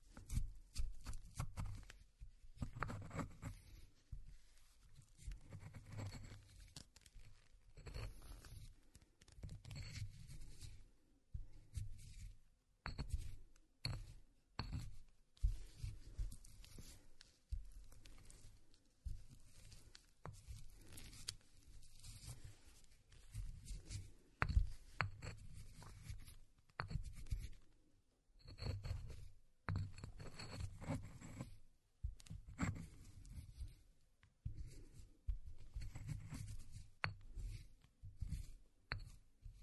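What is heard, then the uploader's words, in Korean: Walnuts are ground by hand, a rough scraping and crunching that runs in short bursts with brief pauses between them. The grinding is gritty and irregular, heavy in the low end, with scattered sharper clicks and taps throughout. 호두를 직접 갈아보겠습니다. 손으로 직접 갈아먹는 호두.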